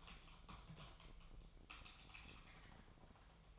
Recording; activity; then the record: daily activity, microphone in the room; typing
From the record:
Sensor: 1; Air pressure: 999.2 hPa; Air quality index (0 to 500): 209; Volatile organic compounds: 51 ppm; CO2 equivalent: 3309 ppm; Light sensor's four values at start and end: 9/22/8/9 and 9/22/8/9